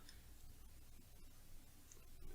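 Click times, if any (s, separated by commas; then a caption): 1.9 s. The filler plunger of a vintage Parker Vacumatic fountain pen is pushed down and turned to lock it into the pen barrel. Soft scraping and handling noise is followed by a sharp tick at 1.9 seconds as the plunger locks into place.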